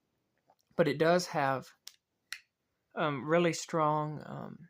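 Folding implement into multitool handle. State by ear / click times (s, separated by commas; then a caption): seated / 2.3 s. Someone talks while a folding implement on a non-locking multitool is opened into its handle. At 2.3 s it snaps into its open position under strong back-spring tension with a single sharp snap, seating in place.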